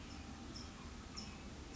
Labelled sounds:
California Towhee (Melozone crissalis)
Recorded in Sonoma County, California

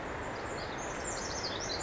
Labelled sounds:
Pacific Wren (Troglodytes pacificus)
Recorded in Sonoma County, California

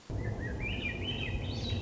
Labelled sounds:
Swainson's Thrush (Catharus ustulatus)
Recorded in Sonoma County, California

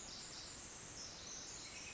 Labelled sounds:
Pacific Wren (Troglodytes pacificus)
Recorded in Sonoma County, California

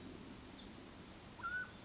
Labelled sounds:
Mountain Quail (Oreortyx pictus)
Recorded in Sonoma County, California

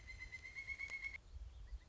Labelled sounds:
Pileated Woodpecker (Dryocopus pileatus)
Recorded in Sonoma County, California

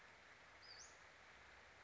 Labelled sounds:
Western Flycatcher (Empidonax difficilis)
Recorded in Sonoma County, California

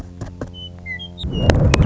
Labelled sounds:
Western Meadowlark (Sturnella neglecta)
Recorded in Sonoma County, California

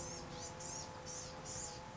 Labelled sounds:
Blue-gray Gnatcatcher (Polioptila caerulea)
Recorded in Sonoma County, California

